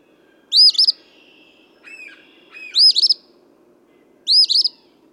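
Eastern phoebe sings three harsh, buzzy phrases, with faint softer chirps in the gaps.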